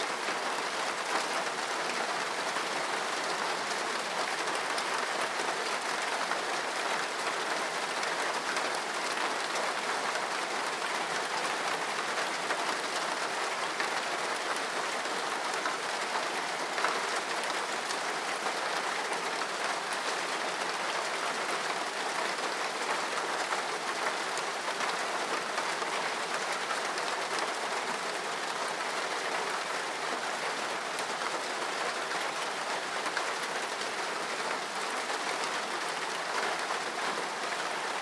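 Heavy rain pours steadily on a roof, a dense, unbroken bright hiss of countless drops that stays even from start to finish.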